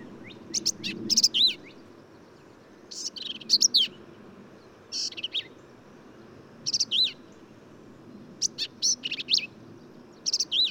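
Black-capped vireo song, a series of varied, rapid high phrases mixing buzzy notes and quick slurred whistles, with pauses between.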